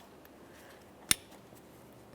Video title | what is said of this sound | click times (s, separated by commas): How to Replace HID Ballast Control Module 2007-2013 Acura MDX 3.7L V6 | we'll just go ahead and line it up press it in listen for a click from that | 1.1 s